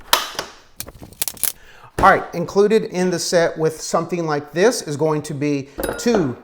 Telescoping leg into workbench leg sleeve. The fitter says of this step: These are going to click into place. I'm going to raise this up to where I feel it's comfortable for me.